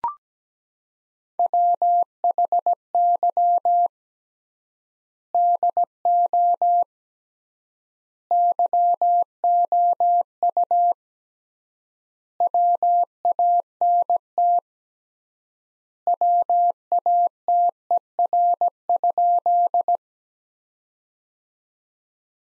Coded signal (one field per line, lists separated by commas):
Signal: Morse code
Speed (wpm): 17 wpm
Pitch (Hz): 700 Hz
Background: none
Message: WHY DO YOU WANT WATER?